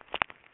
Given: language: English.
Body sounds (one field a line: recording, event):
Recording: throat vibration sensor signal played as sound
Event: swallow